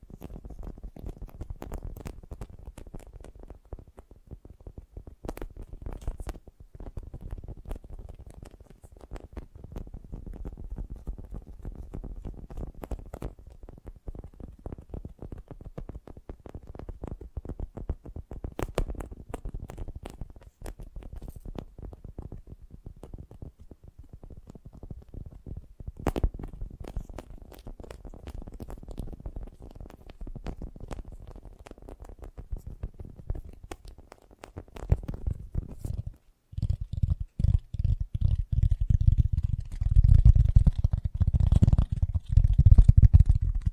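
Fast, gentle tapping runs steadily as a dense patter of soft, low clicks, growing louder and heavier with thumping from about 36 seconds.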